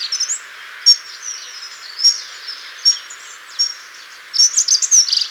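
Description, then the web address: Dunnock giving thin, high, piping call notes roughly every second, ending with a short burst of rapid warbling song. "dunnock song and calls"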